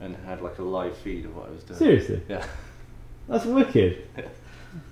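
A 10-gigabit Ethernet cable's plastic RJ45 plug is handled near the network port on the back of a new PC while someone talks. The plug has not seated or clicked into the port yet.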